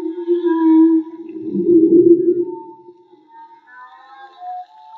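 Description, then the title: Whale song: a sustained low moan followed by a rough, buzzy groan, then fainter higher tonal notes. Field recording made with homemade DIY hydrophones; audio was cleaned afterwards. "CANTO DE BALLENAS MAGMA"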